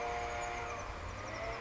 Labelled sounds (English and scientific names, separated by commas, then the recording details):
Chestnut-backed Chickadee (Poecile rufescens)
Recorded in Sonoma County, California